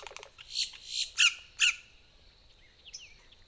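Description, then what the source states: Boat-tailed grackle calls: raspy notes building into two loud, harsh squawks, followed by a thin whistled note. Recorded 14 April 2018.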